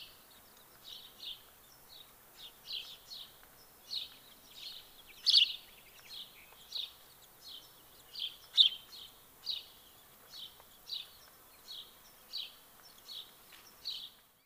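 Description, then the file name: House sparrow repeating short, high chirps in a steady series, with two louder notes among them and soft background noise. "Passer domesticus"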